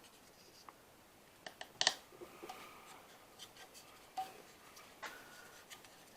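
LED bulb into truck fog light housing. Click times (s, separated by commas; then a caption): 1.8 s, 1.9 s. An LED replacement bulb is inserted and turned into the plastic fog light housing of a 2008 GMC 2500HD truck, with small scraping and tapping sounds as it goes in. A sharp, loud double click at 1.8 and 1.9 seconds marks the bulb locking into place, followed by quieter handling noises.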